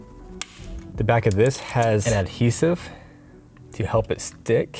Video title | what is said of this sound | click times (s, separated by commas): Apple Car Play, Portable, Rear View Camera- Carpuride 7" | to remove it you do the opposite you slide down until it clicks | 0.4 s